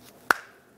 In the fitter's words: push it up till it clicks